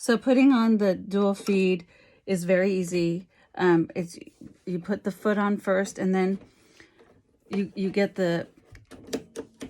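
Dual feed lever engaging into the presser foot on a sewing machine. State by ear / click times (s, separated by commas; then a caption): seated / 9.1 s, 9.4 s. A person talks while attaching the presser foot to a Bernina sewing machine, then pulls the dual feed (walking foot mechanism) down from the back of the machine. It engages into the foot with small clicks at 9.1 s and 9.4 s, and the dual feed is ready to use.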